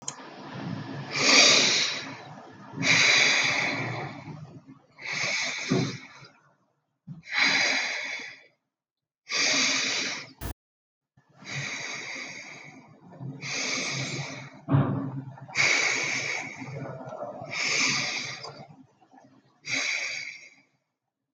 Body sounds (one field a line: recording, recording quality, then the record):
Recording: deep breathing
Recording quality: excellent, no background noise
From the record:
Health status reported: healthy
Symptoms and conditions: none ticked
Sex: male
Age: 22 years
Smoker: not ticked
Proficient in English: yes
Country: India